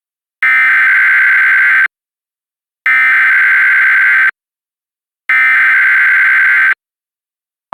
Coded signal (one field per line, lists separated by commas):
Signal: Emergency Alert System (SAME) tones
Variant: header bursts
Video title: EAS Reenactment Mock: Dusts storms in Northwest Texas - 03/22/2021